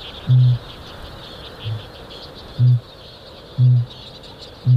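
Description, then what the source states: Kakapo: kākāpō booming: deep hollow booms about once a second, one softer, with a faint high chirring background throughout. Male kākāpō booming, a giant flightless night parrot, New Zealand; booming likened to the heartbeat of the land.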